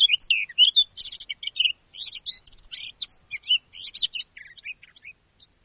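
Eurasian blackcap song, a short burst of mixed scratchy chatter and clear whistled notes, fading into softer, thinner twitters at the end.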